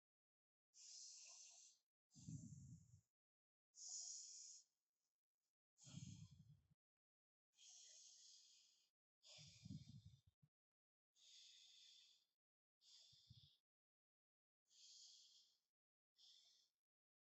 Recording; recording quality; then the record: deep breathing; excellent, no background noise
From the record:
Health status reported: COVID-19 positive, mild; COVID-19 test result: positive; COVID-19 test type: rapid antigen test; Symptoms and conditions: fever, fatigue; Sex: female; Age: 22 years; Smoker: no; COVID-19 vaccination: both doses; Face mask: worn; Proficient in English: yes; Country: India